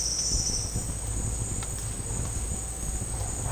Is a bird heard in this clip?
no